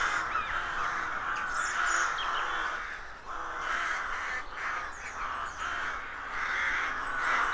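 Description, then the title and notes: Rook colony giving a constant clamour of raspy caws from many birds, with a few thin whistled notes from other birds. Rook colony of more than 300 birds nesting in a dozen roadside trees, rural County Armagh, early spring; pairs greeting and squabbling with neighbours as first chicks hatch. "Sound Escape 113: Enjoy the stirring cacophony of a rook colony. deeply rural County Armagh. It's early spring and the rooks rule the woodlands. BBC Countryfile Magazine"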